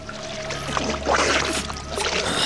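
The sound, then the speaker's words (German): Water sloshes and splashes continuously as two divers, Justus and Peter, swim from the coast into a cave in a radio drama, with bursts of churning and gurgling over a steady low hum, with no voices present. “Justus und Peter aber tauchten von der Küste her in die Höhle.”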